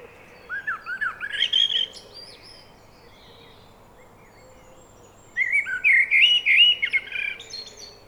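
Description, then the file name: Eurasian blackbird song: a rising, fluty warble climbing into high notes, then after a pause a denser, rapid chattering phrase of bright notes. "Turdus merula"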